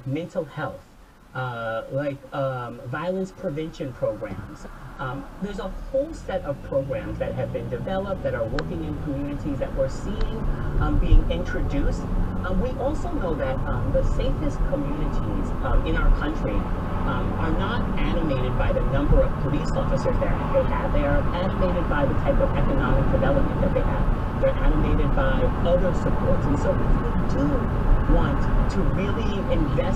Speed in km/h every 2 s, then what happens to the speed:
0, 0, 0, 0, 15, 26, 35, 44, 52, 55, 60, 61, 61, 61, 61.
0-7 standing. 7-21 pulls away to 61. 21-30 steady at about 61.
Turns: none.